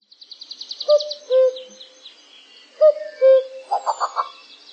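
Common cuckoo calling twice, a low, hollow cu-coo with the second note lower, over high twittering songbirds and a quick run of bright notes at the end.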